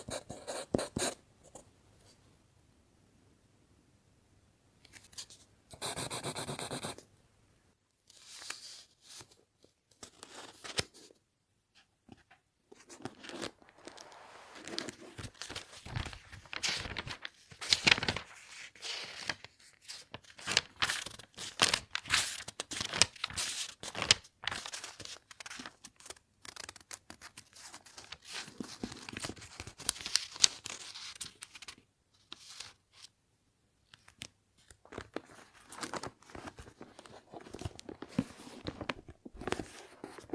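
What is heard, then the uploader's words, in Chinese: Pencil writing on paper, with dry scratchy strokes. After a fairly quiet start and a brief louder rub around six seconds, the scratching becomes dense and steady from about twelve seconds on, short irregular strokes following each other quickly to the end. 铅笔写字沙沙声。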